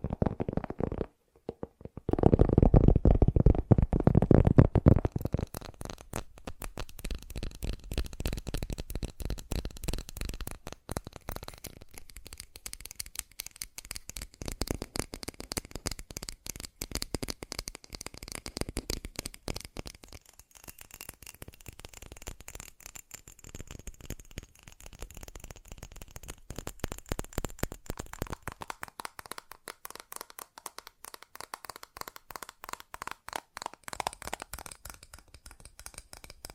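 Fast tapping runs throughout as a dense stream of quick, crisp clicks, bright and sharp with little low end. A louder, deeper thumping burst opens the first five seconds, then the tapping settles into a steady, rapid patter that swells and eases slightly.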